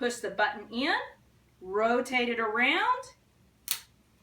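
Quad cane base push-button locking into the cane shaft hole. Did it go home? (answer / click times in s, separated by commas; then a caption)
yes / 3.7 s. Someone talks while the spring push-button on a quad cane is pressed in and the base is rotated around to the right-hand side, for a user with a problem in the left leg who needs the cane on the right side. At 3.7 s a short, sharp click is heard as the button snaps into the hole in the cane shaft, and the base is locked in place.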